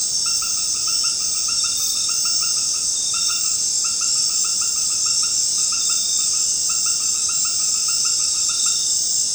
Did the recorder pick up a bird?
no